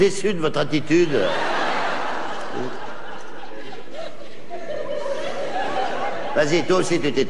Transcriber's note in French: rire